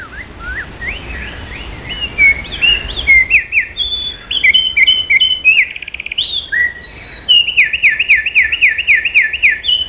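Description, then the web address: Bird song of varied whistled notes, some rising and some falling, ending in a rapid run of repeated swooping whistles over a steady background hiss. "特酷声音素材库 动物 鸟 Bird"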